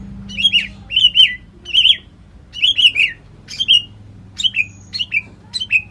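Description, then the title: White-rumped shama song: short repeated whistled phrases, each a quick falling warble, given roughly every half second to second over a low background hum. "murai batu"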